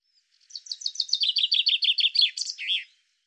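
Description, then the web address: Common chaffinch singing a single phrase: rapid repeated chirping notes that drop gradually, finishing with a loud flourish, against a silent background. "Deverinetal 2025 File cleaned normalized Bird Fr Co"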